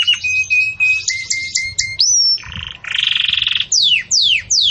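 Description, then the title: Belgian canary song of clear whistled notes and rising slurs, a rough buzzy rattle, then downward-sweeping whistles. Belgian canary song in the campainha (bell) style, used for training young chicks to sing. "Canto Do Canário Belga Campainha Para Encarte De Filhotes"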